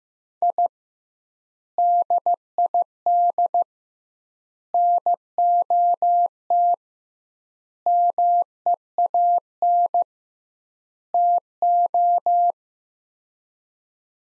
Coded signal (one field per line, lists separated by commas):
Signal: Morse code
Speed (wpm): 15 wpm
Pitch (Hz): 700 Hz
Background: none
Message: I DID NOT MEAN TO